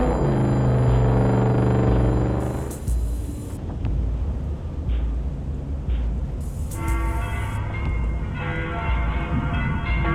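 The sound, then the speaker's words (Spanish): A tram rumbles steadily along the rails, opening with a sustained harmonic squeal or horn-like tone, then later a bright metallic ringing whine rises over the continuous low rolling noise. “Tranvías o autos cruzando la iglesia maravillosa.”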